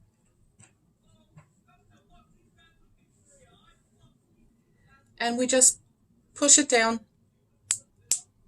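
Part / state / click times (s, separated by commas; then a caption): glucose monitor transmitter into sensor base / seated / 7.7 s, 8.1 s. A plastic Dexcom G6 continuous glucose monitor transmitter is pushed down by hand into the adhesive sensor base worn on the body while someone talks. Two sharp snaps are heard at 7.7 s and 8.1 s as the transmitter locks down and is seated.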